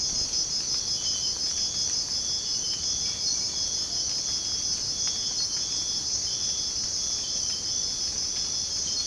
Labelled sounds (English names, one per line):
none